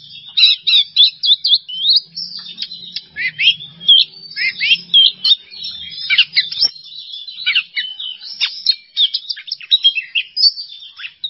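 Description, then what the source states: Oriental magpie-robin pouring out loud, varied song: bright whistles, downslurred notes and rapid chips repeated in quick bursts throughout, with barely any pause. Masteran training recording for songbirds, kacer singing 'bongkar isian emosi' style: fired-up, showing off its full repertoire of fill-in phrases.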